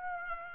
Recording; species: mosquito wingbeat signal from an infrared sensor; Aedes aegypti